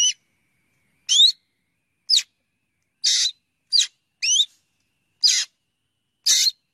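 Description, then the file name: Black drongo calls: a spaced series of bright rising whistles mixed with a few harsh buzzes. "Tieng chim Cheo Beo"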